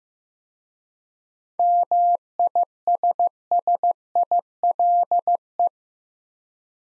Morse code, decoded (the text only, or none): MISSILE